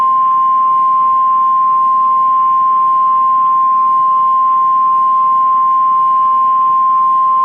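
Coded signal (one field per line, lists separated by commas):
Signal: Emergency Alert System (SAME) tones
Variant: 1050 Hz attention tone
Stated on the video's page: Real Severe Thunderstorm Warning EAS activation broadcast for northeastern Illinois counties; warning text ran longer than the EAS recording time, aired unedited.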